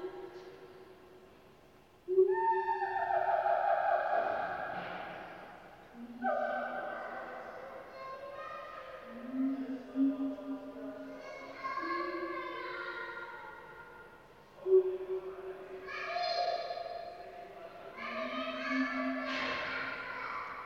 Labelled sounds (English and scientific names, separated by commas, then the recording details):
Siamang (Symphalangus syndactylus)
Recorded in captivity
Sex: pair
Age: adult
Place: Zoo Berlin, Berlin, DE
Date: 1988-11-05
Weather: sonnig, -3 bis +3°C
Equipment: Sony WM-D6C, Kopie 19 cm
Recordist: Tembrock, Günter
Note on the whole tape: Paar (innen, hinter Glas): einige Rufreihen